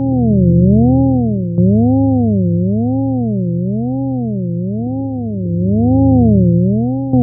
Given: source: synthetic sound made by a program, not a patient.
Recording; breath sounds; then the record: synthetic breath sounds; wheeze and crackles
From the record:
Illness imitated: COPD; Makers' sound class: wheeze and crackles